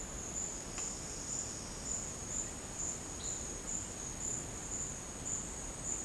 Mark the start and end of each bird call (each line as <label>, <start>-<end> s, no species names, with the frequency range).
bird call (2.9-4.5 kHz), 3.18-3.33 s